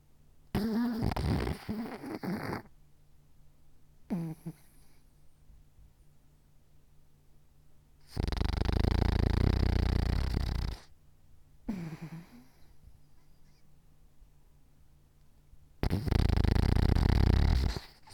Little Dog Snoring.